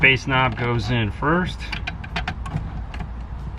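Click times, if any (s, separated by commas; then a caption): 2.3 s. A bass knob cable's plastic connector is plugged into the amplifier of an MB Quart stage 6 audio system in a Toyota Tacoma. Someone talks at the start, then a few small plastic clicks and rattles follow, with the connector clicking in and seating at about 2.3 seconds.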